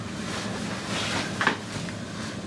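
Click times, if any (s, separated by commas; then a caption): 1.4 s, 1.5 s. A roller blind is pushed into its window mounting brackets, with a steady low background hum. Two short clicks come at 1.4 s and 1.5 s as the bottom of the blind clicks into place. The top part still won't click in, so it is only partly seated.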